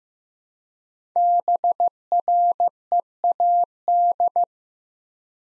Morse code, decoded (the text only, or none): BREAD